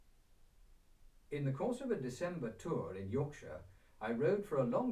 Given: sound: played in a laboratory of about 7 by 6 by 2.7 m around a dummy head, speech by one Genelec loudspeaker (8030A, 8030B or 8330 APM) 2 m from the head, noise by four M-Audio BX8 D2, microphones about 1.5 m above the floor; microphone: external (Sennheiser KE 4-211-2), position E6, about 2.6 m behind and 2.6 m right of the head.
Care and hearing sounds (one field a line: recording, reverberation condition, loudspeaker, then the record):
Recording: male speech in English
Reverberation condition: low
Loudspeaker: 90 degrees to the left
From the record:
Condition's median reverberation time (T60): about 310 ms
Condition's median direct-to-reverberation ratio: about 3.5 dB